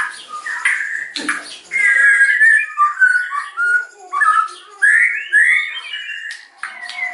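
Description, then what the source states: White-rumped shama song: mellow, fluty whistles in flowing phrases, rising and falling, with a sharp click early on. Lure recording (pancingan) of a strongly singing (gacor) bird, meant to provoke a quick response from other birds.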